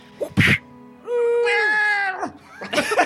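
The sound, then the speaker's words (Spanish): A single long, drawn-out cat meow with a bright, strongly harmonic tone that rises slightly and then falls away, framed by short, rough, noisy bursts just before and after. “¡Me sale un gato!”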